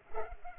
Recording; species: mosquito wingbeat signal from an infrared sensor; Culex pipiens